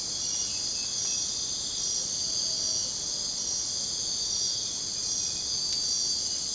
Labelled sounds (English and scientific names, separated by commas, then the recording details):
none
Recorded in secondary vegetation near Puerto Asís, Putumayo, Colombia, on 23 June 2025 at 03:00
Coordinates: 0.484, -76.319
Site G074